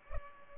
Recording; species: mosquito wingbeat signal from an infrared sensor; Culex pipiens